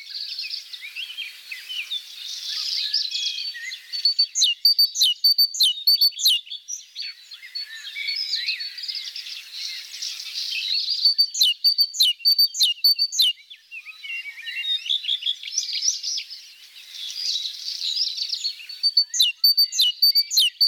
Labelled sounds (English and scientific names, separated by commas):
Great Tit (Parus major) song